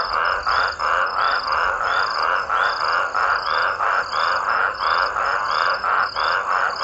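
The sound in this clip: Toads in a dense raucous chorus, harsh overlapping croaks pulsing rapidly without pause, with a faint high buzzing layer above.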